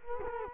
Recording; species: mosquito wingbeat signal from an infrared sensor; Culex quinquefasciatus